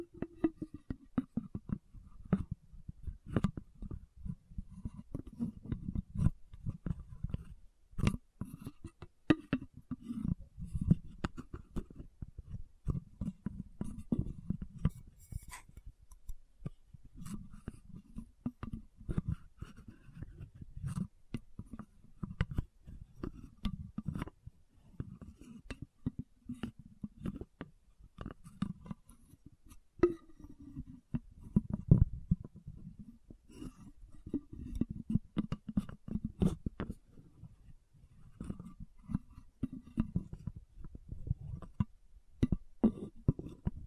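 Lid sounds, bottle tapping and scratching run through the whole stretch as a dense string of sharp clicks and taps. Many come every second, some louder knocks standing out, over a low rough rubbing that swells and fades in short bursts.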